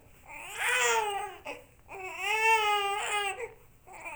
Baby Cry.